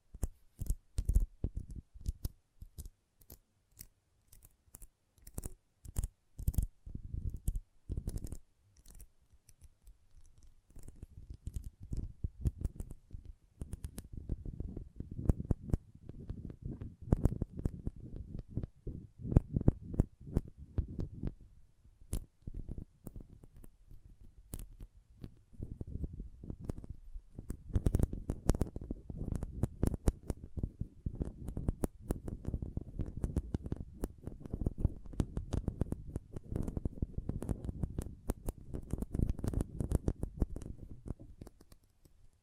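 Intense magnetic tingles come through as a rapid stream of crisp clicks and taps. The first ten seconds are sparser, bright snaps; after that the clicking grows dense and continuous over a soft, low crackling rumble, with bursts rising and easing until the end.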